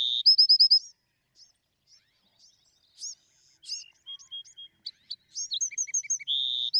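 Bewick's wren song: high, clean phrases of rapid repeated notes, a buzzy held note and a quick trill, with soft scattered chips between phrases.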